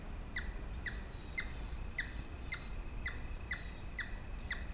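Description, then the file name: Grey-headed woodpecker calling with crisp, falling notes spaced about half a second apart, against a steady high tone and low rumble. "woodpecker-grey-headed -Picus-canus"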